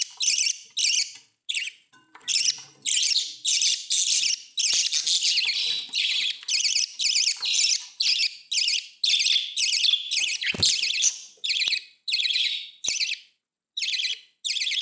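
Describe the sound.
Budgerigar calls, dense rapid chattering bursts, about two per second, nearly continuous, with faint low background murmur near the start.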